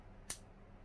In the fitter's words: actually it sounds really nice just yeah locks in place